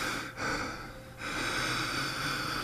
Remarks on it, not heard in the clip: I'm a bit wheezy today that's the wheeze.